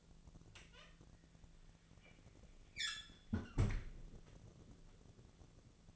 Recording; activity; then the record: daily activity, microphone in the room; close fridge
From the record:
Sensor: 4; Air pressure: 1000.9 hPa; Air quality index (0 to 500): 128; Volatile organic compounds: 1 ppm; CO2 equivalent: 954 ppm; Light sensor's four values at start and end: 27/63/27/29 and 30/71/30/32